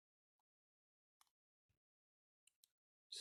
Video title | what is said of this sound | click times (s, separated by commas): integrated stem and flight system overview | slides it down all the way down and it clicks into place | 3.1 s